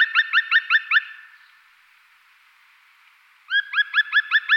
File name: Golosa ptic - ZHelna Dryocopus martius